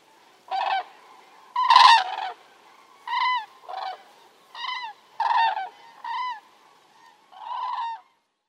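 Common crane trumpeting calls, about eight loud rolling honks in separate bursts, roughly one every second, with silence between.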